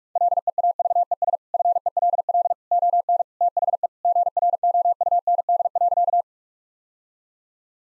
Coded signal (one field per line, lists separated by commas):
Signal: Morse code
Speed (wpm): 46 wpm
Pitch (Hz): 700 Hz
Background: none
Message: LEAVES FELL ON THE GROUND.